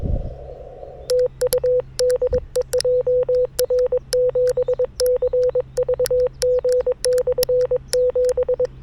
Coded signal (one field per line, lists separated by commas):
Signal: Morse code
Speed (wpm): 22 wpm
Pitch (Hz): 500 Hz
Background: none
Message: TU DE JR7CVG/7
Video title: 久しぶりの移動運用 なんとかPOTA成功 / A Rough POTA Activation｜FTX-1F 5W + RHM12｜POTA at Sanriku Fukko National Park